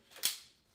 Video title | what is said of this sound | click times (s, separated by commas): LIVE: Quickweave w/liquid cap and GLEEMADE Beach Blowout Bundles | Turn it and it locks into place. | 0.2 s